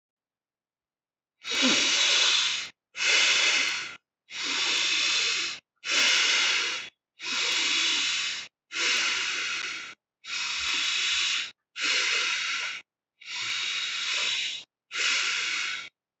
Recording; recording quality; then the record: deep breathing; excellent, no background noise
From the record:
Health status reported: recovered from COVID-19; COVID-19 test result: negative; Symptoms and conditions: none ticked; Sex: male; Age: 23 years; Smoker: not ticked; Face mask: not worn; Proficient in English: yes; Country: India